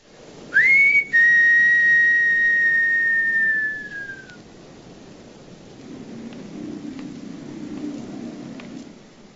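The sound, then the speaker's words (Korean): A man crouching on a windy street in the middle of the night whistles one long, steady note that rises at the start, breaks briefly, then holds and slowly falls before fading. A soft, rushing wind murmurs underneath and swells a little after the whistle stops. “그리고 바람 부는 거리에 웅크리고 앉아서 휘파람을 봅니다.”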